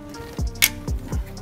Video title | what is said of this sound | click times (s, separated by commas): Full DIY: Mishimoto Heat Exchanger/Radiator Upgrade /// A90 Supra | Okay, that was a good click. | 0.6 s